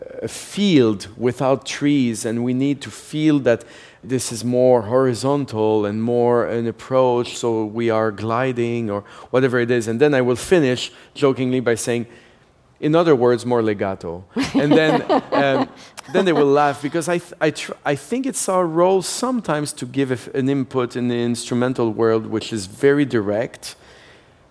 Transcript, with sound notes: a field without trees. And we need to feel that this is more horizontal and more an approach so we are gliding or - whatever it is. And then I will finish jokingly by saying, in other words, more legato.
(Laughter).
And then they will laugh because I - I try - I think it's our role, sometimes, to give an input in the instrumental world, which is very direct